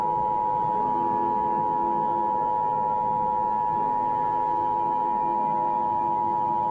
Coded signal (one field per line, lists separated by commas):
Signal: Emergency Alert System (SAME) tones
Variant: 853 and 960 Hz attention tone